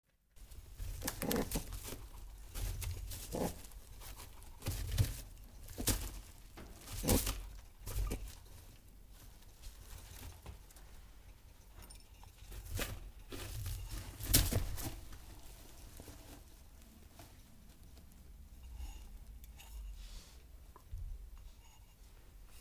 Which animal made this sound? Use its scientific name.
Oryctolagus cuniculus